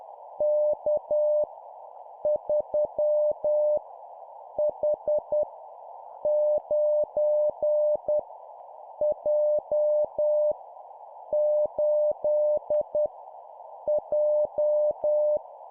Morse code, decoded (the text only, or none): K 3 H 9 J 8 J